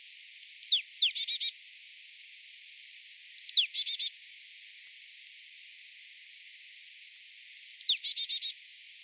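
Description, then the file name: Marsh tit calls: three separate bursts, each a sharp high downslurred note followed by a quick run of several harsh, buzzy chattering notes, spaced several seconds apart. "Poecile palustris"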